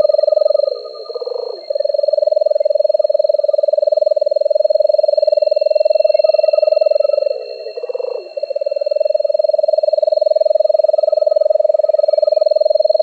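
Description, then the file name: Nightjar churr running almost unbroken throughout, with two brief pitch breaks where the trill dips and wavers, and a steady high-pitched tone in the background. Recorded on 18 May 2005. "LENI 4 deviche"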